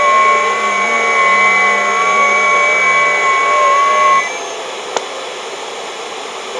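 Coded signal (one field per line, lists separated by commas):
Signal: FT8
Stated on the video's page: Heard on a simple transistor regenerative receiver tuning the HF bands at night.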